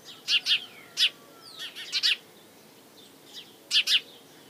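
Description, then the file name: House sparrow chirp calls, sharp bright chirps singly and in short groups with pauses between, a few softer notes in the gaps, over a quiet background. "Passer domesticus"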